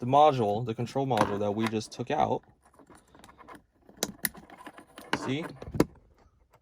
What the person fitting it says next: See? It's clicked into place, just like OEM.